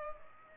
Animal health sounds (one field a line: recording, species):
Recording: mosquito wingbeat signal from an infrared sensor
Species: Culex pipiens